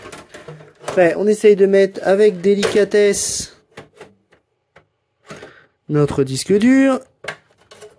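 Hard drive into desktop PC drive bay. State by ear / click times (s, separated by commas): seated / 7.3 s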